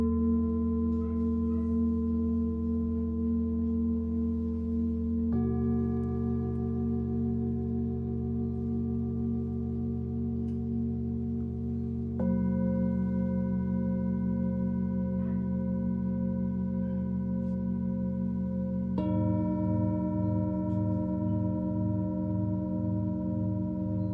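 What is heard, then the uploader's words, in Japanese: Singing bowl sound healing: sustained, humming bowl tones that shift pitch in steps near 5, 12 and 19 seconds, with a soft pulsing throb later. Singing Bowl のサウンドヒーリング LIVE。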